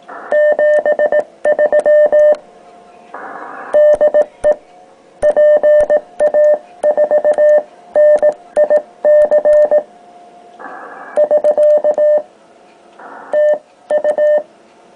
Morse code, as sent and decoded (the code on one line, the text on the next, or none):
--... ...-- / -.. . / .--. .- ....- -. .. -.-. / ...-.- / - ..-
73 DE PA4NIC <SK> TU